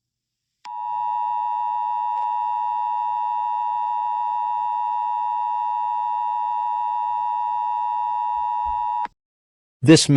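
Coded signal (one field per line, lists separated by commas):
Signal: Emergency Alert System (SAME) tones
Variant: 853 and 960 Hz attention tone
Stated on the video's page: Simulated EAS alert scenario.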